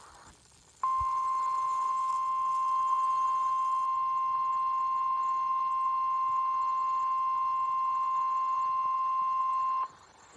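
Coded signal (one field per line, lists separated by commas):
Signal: Emergency Alert System (SAME) tones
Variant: 1050 Hz attention tone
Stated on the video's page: Severe thunderstorm warning captured from an online NOAA Weather Radio stream.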